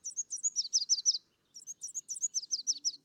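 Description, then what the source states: Red Warbler song: rapid series of high, thin chips and twitters, a first phrase of about one second, a short pause, then a second longer twittering phrase; otherwise quiet. Clear-morning song; sings on sunny mornings in breeding season, February to May, not when cloudy; endemic to humid pine, oak and fir forests of Mexico's highlands; does not travel between states.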